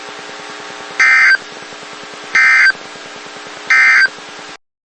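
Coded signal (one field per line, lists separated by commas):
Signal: Emergency Alert System (SAME) tones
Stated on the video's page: Personally captured thunderstorm-related EAS alerts.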